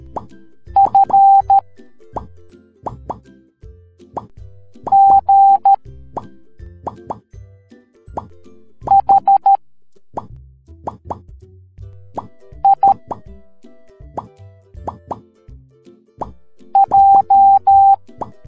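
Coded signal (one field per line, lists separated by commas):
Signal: Morse code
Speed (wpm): 13 wpm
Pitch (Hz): 790 Hz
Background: music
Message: F G H I J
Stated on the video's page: Morse code alphabet taught in a children's educational cartoon.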